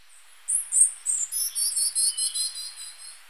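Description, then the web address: Glistening-green tanager calls: a steady series of very high, thin chipping notes repeated rapidly. Ecuador. "Natures Songs S America Birds of Ecuador Glistening-green Tanager"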